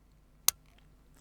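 A strap end is pushed into the slot of a Xiaomi Smart Band 10 Pro tracker body, giving one sharp, bright click at 0.5 s followed by a few faint small ticks. The band is seated and secured.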